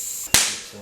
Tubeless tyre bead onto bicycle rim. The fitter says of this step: it popped into place so